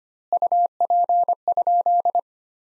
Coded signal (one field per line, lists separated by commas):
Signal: Morse code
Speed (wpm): 25 wpm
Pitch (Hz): 700 Hz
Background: none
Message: UP?